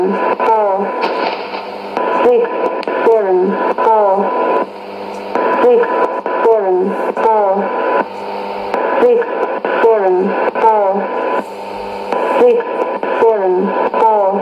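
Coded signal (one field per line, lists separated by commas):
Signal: numbers station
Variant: E17z English Lady, English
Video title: 09 02 2017 Numbers station E17z English Lady in English to Eu 0810 on 9820 in CUSB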